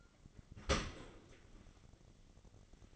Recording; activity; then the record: daily activity, microphone in the room; open dishwasher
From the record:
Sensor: 4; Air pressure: 1003.9 hPa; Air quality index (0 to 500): 153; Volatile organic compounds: 2 ppm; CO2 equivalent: 1089 ppm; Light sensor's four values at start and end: 21/51/21/22 and 22/52/22/23